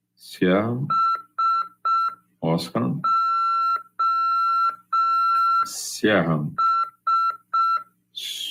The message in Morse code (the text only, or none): SOS